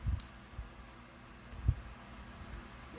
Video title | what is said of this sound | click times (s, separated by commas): 💝 "HUGE" Ebay Unboxing - Part 1💝 | they're just so amazing and i mean you hear that click | 0.2 s